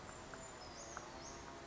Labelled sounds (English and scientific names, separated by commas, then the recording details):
Brown Creeper (Certhia americana)
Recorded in Sonoma County, California